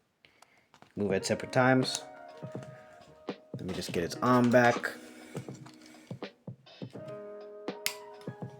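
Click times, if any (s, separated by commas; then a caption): 7.9 s. Over background music and someone talking, the arm of a Blokees Empire Strikes Back Darth Vader and Stormtrooper line action figure is pushed back into its plastic shoulder socket. A sharp click at 7.9 s marks the arm seating into the shoulder joint.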